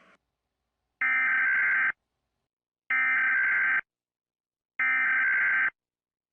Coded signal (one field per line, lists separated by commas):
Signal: Emergency Alert System (SAME) tones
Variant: header bursts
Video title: EAS Scenario: One unfortunate soul